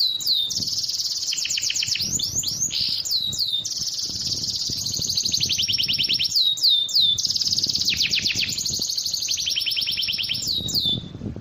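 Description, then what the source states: Bird song, long and varied: rapid trills, sweeping whistles and buzzy stretches run almost without a break. Described as a complete bird 'masteran' compilation.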